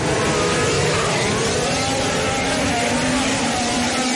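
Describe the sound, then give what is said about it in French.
A pack of Formula 1 engines roars together at a race start in Japan, with Nico Rosberg, Lewis Hamilton and Max Verstappen among the cars: a loud, dense, continuous wail with pitches gradually climbing as the cars rev and pull away. “Romain Grosjean partira 7e, les premiers feux s'allument. Bon réveil à tous et parole au moteur.”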